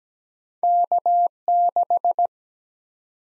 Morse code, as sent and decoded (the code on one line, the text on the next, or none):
-.- -....
K6